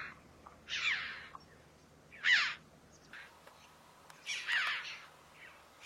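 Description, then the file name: Red-billed chough with three harsh, buzzy descending calls spread across six seconds. "Canto do gralha de bico vermelho"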